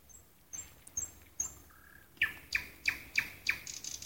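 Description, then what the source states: Nightingale song: thin high whistles and a low drawn note, followed by loud sharp notes repeated about three times a second. Song heard at night in a park.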